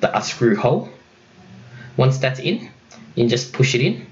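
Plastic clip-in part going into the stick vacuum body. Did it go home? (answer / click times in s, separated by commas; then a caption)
no / none. Someone talks while a plastic clip-in part is lined up by its screw part with its hole and handled for pushing into the housing of a Dyson V11 Outsize stick vacuum. Nothing has seated or clicked yet when the clip ends.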